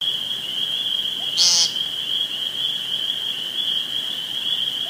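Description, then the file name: Woodcock giving one strong high squeak, with a continuous high whine throughout. Recorded 2 June 2013 on a phone. "2013-06-02 Woodcocki Phone"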